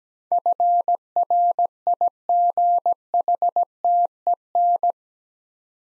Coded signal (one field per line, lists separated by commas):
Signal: Morse code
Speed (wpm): 17 wpm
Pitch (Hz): 700 Hz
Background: none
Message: FRIGHTEN